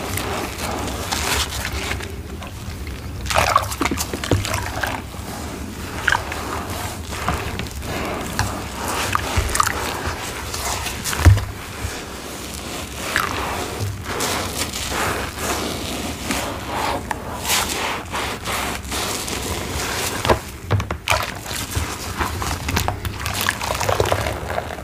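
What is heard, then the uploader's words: A wet sponge is squeezed and rinsed, with steady sloshing and trickling water running throughout. Sharp squelches and splashes break in every second or so, the loudest near eleven seconds, over a low rumbling wash. Black & Yellow Sponge Rinse. Washing Away Black Iron Oxide Glitter Paste. ASMR Sponge Squeezing and Rinsing Sounds.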